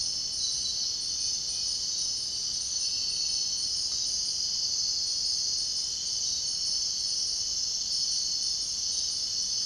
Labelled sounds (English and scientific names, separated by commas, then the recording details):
none
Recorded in dense forest near Puerto Asís, Putumayo, Colombia, on 22 June 2025 at 03:00
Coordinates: 0.499, -76.324
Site G100